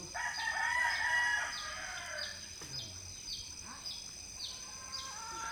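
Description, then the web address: Chicken gives one long harmonic call at the start, then quiet with steady high chirps in the background. Hens in a quiet village in the Philippines, recorded early in the morning. "Philippines sound library by Faunethic Village quiet chicken hen symphony early the morning"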